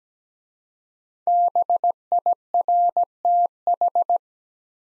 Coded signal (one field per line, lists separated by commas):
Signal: Morse code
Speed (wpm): 17 wpm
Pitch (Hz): 700 Hz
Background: none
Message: BIRTH